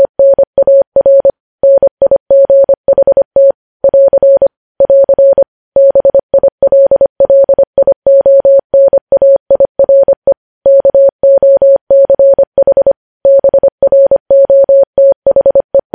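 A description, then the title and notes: Morse code beeps in a single steady mid-pitched tone, rapid dots and dashes keyed continuously with brief pauses between letters, clean. Morse code.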